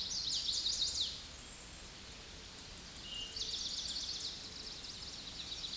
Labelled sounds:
Eastern Towhee (Pipilo erythrophthalmus) song
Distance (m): 35 m
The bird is about 5 m above the microphone
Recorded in a Pennsylvania forest on 16 May 2024 at 07:41
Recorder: AudioMoth, point MSD-1418
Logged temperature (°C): 16.4 °C
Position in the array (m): 181 m, 181 m

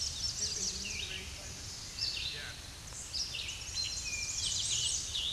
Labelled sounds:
Red-eyed Vireo (Vireo olivaceus) song
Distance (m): 35 m
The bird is about 5 m above the microphone
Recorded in a Pennsylvania forest on 16 May 2024 at 07:46
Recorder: AudioMoth, point MSD-1293
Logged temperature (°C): 12.0 °C
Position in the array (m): 41 m, 181 m

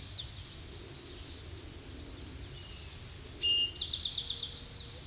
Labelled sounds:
Tennessee Warbler (Leiothlypis peregrina) song
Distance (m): 35 m
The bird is about 15 m above the microphone
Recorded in a Pennsylvania forest on 16 May 2024 at 07:37
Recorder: AudioMoth, point MSD-2494
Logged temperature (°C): 15.6 °C
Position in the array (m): 216 m, 160 m

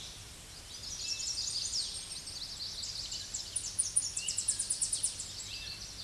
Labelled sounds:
Chestnut-sided Warbler (Setophaga pensylvanica) song
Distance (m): 15 m
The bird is about level with the microphone
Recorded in a Pennsylvania forest on 16 May 2024 at 07:48
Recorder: AudioMoth, point MSD-1419
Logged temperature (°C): 16.9 °C
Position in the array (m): 136 m, 155 m

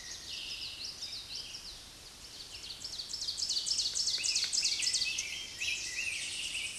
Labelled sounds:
Ovenbird (Seiurus aurocapilla) song
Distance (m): 25 m
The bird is about 5 m below the microphone
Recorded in a Pennsylvania forest on 16 May 2024 at 06:57
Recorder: AudioMoth, point MSD-2166
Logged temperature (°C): 16.3 °C
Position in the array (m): 137 m, 9 m

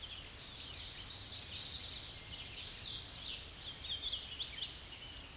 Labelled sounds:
Hooded Warbler (Setophaga citrina) song
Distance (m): 65 m
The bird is about level with the microphone
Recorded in a Pennsylvania forest on 16 May 2024 at 07:26
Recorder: AudioMoth, point MSD-2040
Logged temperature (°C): 15.3 °C
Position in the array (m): 30 m, 146 m

